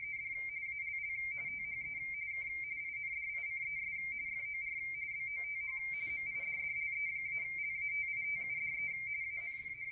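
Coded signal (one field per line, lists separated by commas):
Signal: RTTY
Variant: W1AW bulletin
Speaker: so this is the decoding from the Jesus who has rtt1 decoding capabilities on the 80 meter band of that bulletin right now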